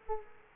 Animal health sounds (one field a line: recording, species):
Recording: mosquito wingbeat signal from an infrared sensor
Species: Culex quinquefasciatus